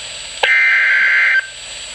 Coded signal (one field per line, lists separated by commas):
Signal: Emergency Alert System (SAME) tones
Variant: header bursts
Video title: Flood Warning (EAS #1,182)